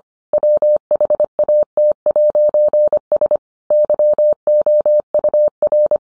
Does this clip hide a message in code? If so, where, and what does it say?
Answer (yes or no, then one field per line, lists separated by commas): yes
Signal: Morse code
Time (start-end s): 0.3-6.0 s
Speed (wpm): 25 wpm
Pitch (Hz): 600 Hz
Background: none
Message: WHAT'S YOUR